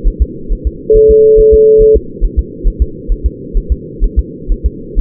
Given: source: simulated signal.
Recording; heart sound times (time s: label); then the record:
fetal heart sounds
0.08 s: S1
0.22 s: S2
0.52 s: S1
0.67 s: S2
0.96 s: S1
1.11 s: S2
1.39 s: S1
1.54 s: S2
1.82 s: S1
1.97 s: S2
2.24 s: S1
2.39 s: S2
2.67 s: S1
2.82 s: S2
3.12 s: S1
3.26 s: S2
3.57 s: S1
3.72 s: S2
4.04 s: S1
4.19 s: S2
4.52 s: S1
4.66 s: S2
4.99 s: S1
From the record:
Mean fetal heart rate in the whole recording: 130 bpm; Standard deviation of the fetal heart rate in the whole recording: 4 bpm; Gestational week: 38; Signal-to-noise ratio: -4.3 dB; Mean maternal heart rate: 72 bpm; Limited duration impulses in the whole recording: present